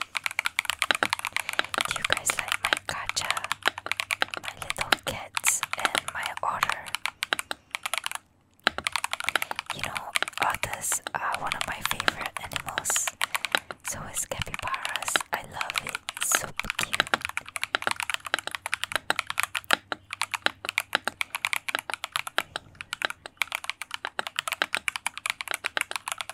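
Keyboard typing runs dense, a rapid stream of crisp, bright clicks with brief irregular pauses. One clear gap of near silence falls around eight seconds before the typing resumes at the same busy pace. A faint low hum sits underneath.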